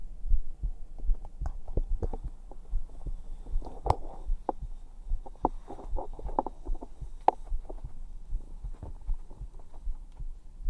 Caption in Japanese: 生肌心音。